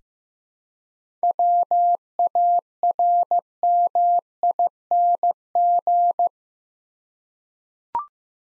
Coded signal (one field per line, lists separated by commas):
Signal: Morse code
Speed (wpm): 15 wpm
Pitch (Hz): 700 Hz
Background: none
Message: WARMING